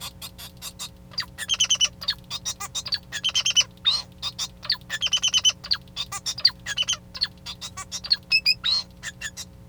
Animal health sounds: song of a male Bengalese finch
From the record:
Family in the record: son of father 2

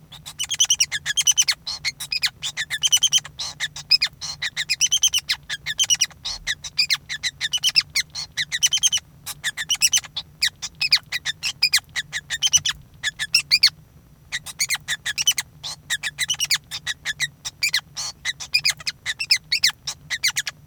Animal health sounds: song of a male Bengalese finch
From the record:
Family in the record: son of father 5

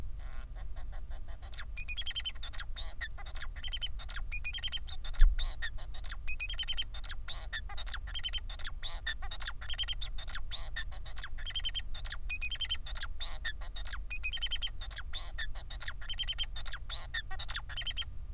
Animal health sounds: song of a male Bengalese finch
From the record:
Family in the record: son of father 4

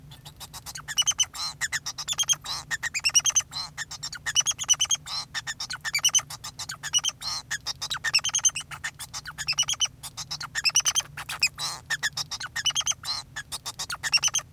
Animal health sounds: song of a male Bengalese finch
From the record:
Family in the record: son of father 2

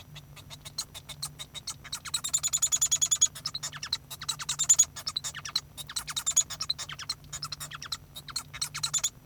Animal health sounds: song of a male Bengalese finch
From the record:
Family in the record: son of father 1

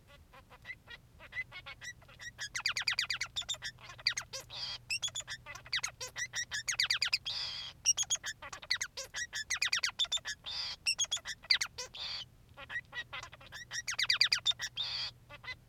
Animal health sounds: song of a male Bengalese finch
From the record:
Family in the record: son of father 3

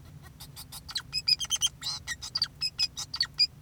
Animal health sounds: song of a male Bengalese finch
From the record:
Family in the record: son of father 2, and himself father 4

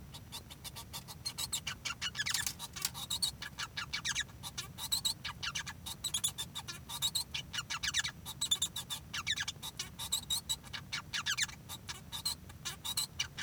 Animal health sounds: song of a male Bengalese finch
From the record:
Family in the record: son of father 1

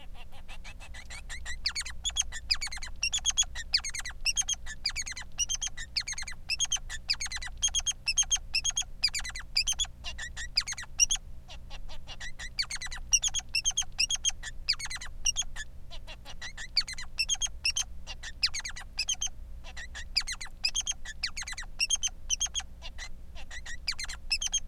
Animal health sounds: song of a male Bengalese finch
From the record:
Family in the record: son of father 3

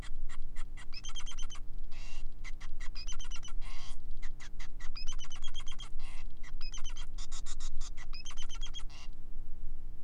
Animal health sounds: song of a male Bengalese finch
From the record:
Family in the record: son of father 5

